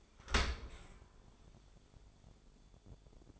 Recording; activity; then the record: daily activity, microphone in the room; open dishwasher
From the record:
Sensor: 5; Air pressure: 1015.0 hPa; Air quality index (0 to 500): 166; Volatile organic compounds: 5 ppm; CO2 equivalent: 1793 ppm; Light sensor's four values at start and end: 37/86/35/36 and 38/91/37/40